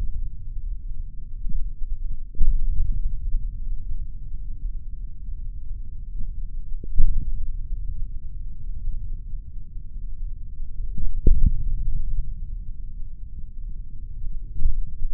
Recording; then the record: forearm muscle sounds (acoustic myography)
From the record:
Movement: index flexion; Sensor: system 3, bracelet of six PUI Audio POM-2738L microphones around the upper forearm, with dedicated amplification and filtering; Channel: 3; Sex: male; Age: 26 years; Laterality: right